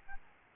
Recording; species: mosquito wingbeat signal from an infrared sensor; Aedes albopictus